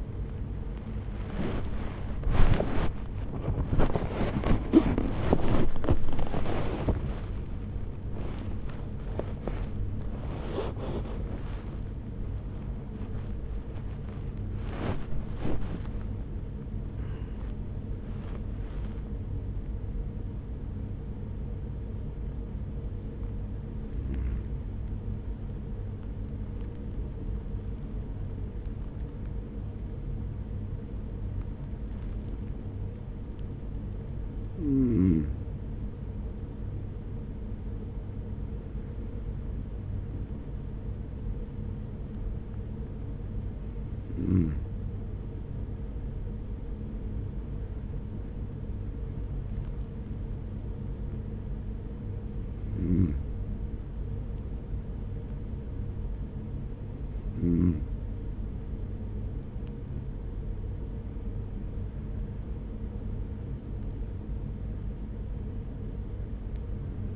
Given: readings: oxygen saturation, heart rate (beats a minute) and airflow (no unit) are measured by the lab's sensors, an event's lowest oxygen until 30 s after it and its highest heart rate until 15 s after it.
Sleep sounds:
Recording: breathing in sleep by a smartphone at the bedside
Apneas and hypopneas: 1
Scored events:
8.00-36.00 s: awake
22.00-39.60 s: hypopnea (scored as awake, oxygen 97% highest, then 93% lowest, heart rate 74 at the start, 75 highest)
26.00-67.16 s: new sleep stage, N1 (lightest sleep)
From the record:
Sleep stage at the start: awake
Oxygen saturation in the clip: 93 to 97%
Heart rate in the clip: 46 to 77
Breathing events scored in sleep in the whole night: 210 in 6.9 hours asleep

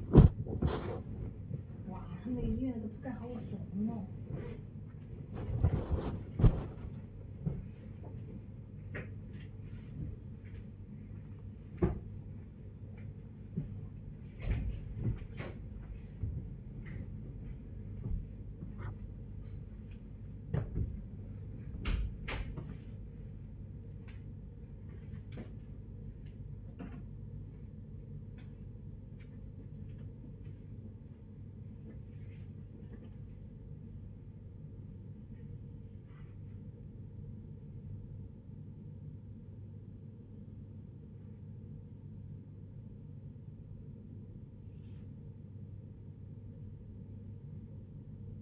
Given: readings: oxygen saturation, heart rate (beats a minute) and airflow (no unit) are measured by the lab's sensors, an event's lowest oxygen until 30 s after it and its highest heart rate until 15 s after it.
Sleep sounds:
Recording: a person awake in a sleep study, by a smartphone at the bedside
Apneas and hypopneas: none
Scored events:
0.00-48.42 s: awake
0.00-48.42 s: awake
From the record:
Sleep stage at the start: awake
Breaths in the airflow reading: 17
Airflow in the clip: -1.0 to 1.0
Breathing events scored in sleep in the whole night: 496 in 5.4 hours asleep

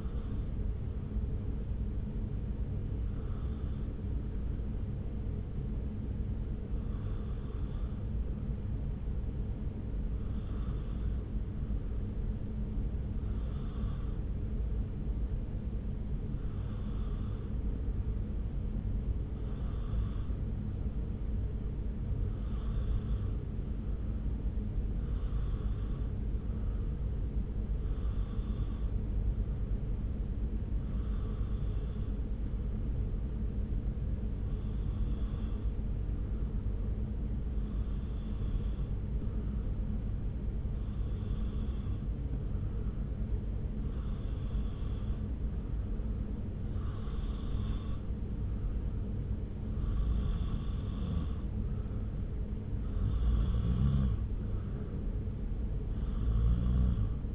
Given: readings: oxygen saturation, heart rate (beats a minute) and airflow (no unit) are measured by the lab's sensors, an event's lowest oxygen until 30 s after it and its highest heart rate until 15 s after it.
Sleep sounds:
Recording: breathing in sleep by a smartphone at the bedside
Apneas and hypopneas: 1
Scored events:
10.00-43.60 s: hypopnea (N2, oxygen 94% highest, then 90% lowest)
From the record:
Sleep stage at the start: N2 (light sleep)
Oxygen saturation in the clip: 90 to 94%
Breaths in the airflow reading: 17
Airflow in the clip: -0.6 to 0.6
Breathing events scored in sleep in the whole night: 335 in 6.7 hours asleep

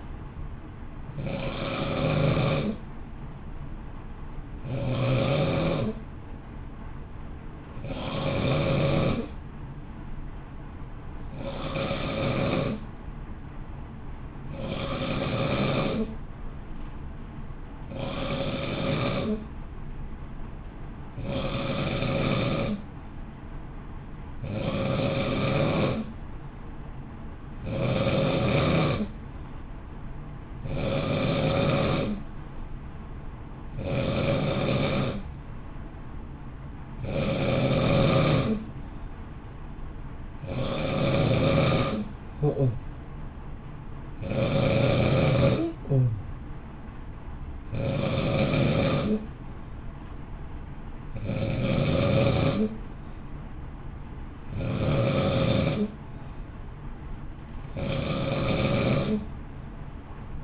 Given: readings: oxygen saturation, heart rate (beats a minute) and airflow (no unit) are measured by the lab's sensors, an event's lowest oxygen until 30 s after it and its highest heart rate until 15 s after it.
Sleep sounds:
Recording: breathing in sleep by a smartphone at the bedside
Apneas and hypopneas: 1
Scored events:
8.00-26.20 s: hypopnea (N2, oxygen 94% highest, then 89% lowest, heart rate 55 at the start, 57 highest)
From the record:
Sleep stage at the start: N2 (light sleep)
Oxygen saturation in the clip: 89 to 94%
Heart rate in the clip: 53 to 58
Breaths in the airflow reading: 20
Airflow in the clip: -0.7 to 0.7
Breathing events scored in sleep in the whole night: 328 in 6.3 hours asleep

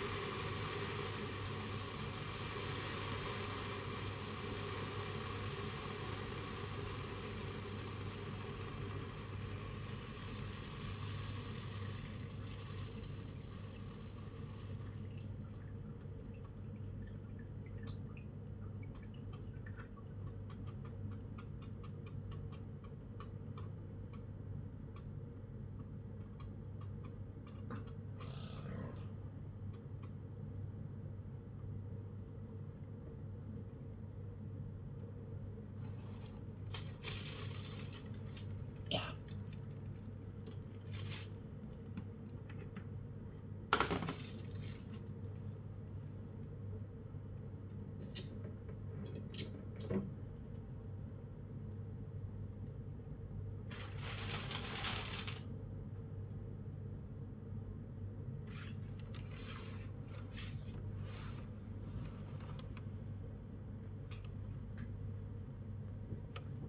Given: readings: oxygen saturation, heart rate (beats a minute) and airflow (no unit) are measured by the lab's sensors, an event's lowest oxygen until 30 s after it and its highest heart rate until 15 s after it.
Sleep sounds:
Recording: a person awake in a sleep study, by a smartphone at the bedside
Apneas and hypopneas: none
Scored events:
0.00-66.69 s: awake
From the record:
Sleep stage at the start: awake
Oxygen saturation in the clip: 94 to 97%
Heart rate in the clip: 77 to 97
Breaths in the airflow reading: 19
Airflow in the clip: -9.4 to 10.4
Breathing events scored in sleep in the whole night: 182 in 7.4 hours asleep

